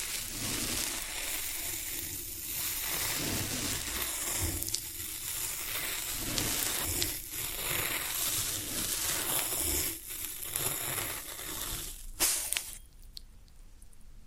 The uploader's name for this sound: Satisfying Tingle Stimulating Floral Foam Sounds